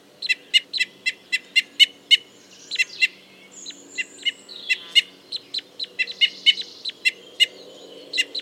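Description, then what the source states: Red crossbill flight calls, a rapid series of sharp, clipped kip notes with brief pauses. Type N call type.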